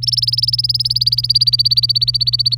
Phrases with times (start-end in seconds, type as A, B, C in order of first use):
0.03-2.55 A